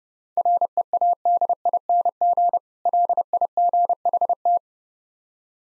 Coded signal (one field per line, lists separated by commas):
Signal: Morse code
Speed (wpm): 29 wpm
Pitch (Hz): 700 Hz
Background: none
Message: READING LIGHT